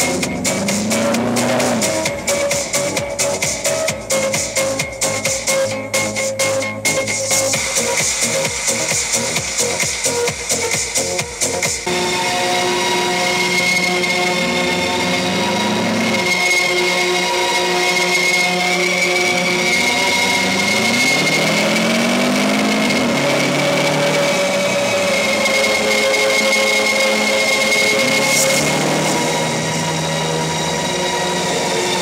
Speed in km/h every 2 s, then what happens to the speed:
55, 49, 35, 25, 12, 24, 29, 41, 40, 34, 50, 75, 79, 75, 81, 78.
0-7 brakes to 12. 9-14 speeds up to 41. 14-17 slows to 34. 17-23 speeds up to 79. 23-32 steady at about 78.